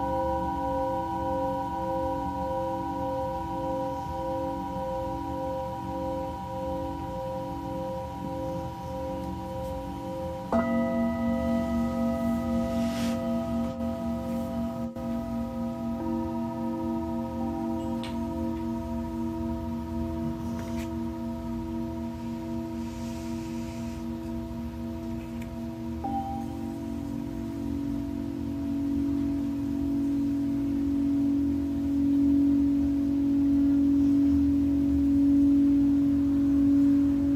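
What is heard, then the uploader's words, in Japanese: A Tibetan singing bowl rings with a sustained, wavering tone and a slow beating pulse. Around ten seconds a second strike adds a brighter layer, and the sound grows fuller and louder toward the end, humming steadily throughout. 夜のメキシコからサウンドヒーリングライブ。チベタンシンギングボウル。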